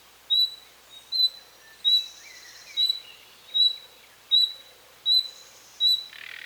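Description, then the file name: Common nightingale calls: short, clear whistled notes on a steady pitch, repeated about every three-quarters of a second, eight in all, with faint twittering behind. "Luscinia megarhynchos"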